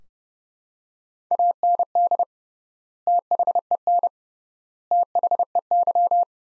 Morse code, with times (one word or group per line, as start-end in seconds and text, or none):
1.3-2.2 AND
3.1-4.1 THEN
4.9-6.2 THEY